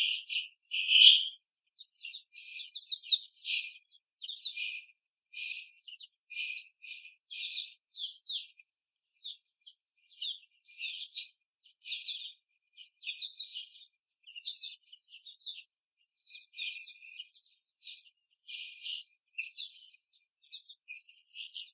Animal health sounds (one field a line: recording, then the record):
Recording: young laying hens in a cage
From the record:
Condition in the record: before the stressor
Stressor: simulated dog barking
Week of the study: 3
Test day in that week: 1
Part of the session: 4